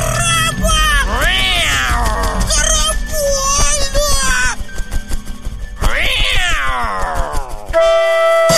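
cat meowing and caterwauling

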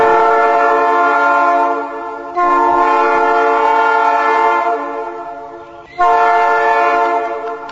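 train horn

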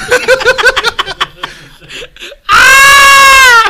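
scream

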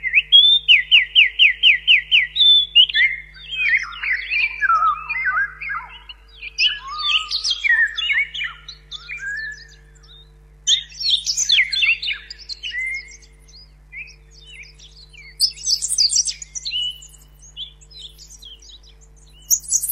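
birds singing

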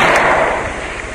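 explosion sound effect

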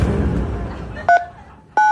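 telephone keypad dialing tones

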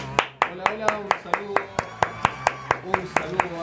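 applause

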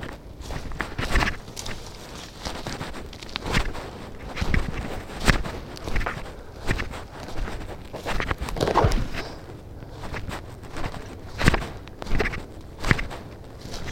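footsteps

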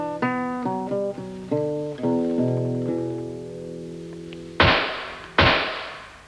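two pistol shots

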